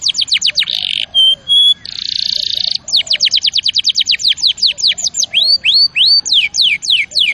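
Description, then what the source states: Canary singing rapid high downslurred notes, a buzzy roll, two pure whistles, a second buzzy roll, then quick repeated sweeping notes in a steady stream. Champion canary song used as master recording for training other birds.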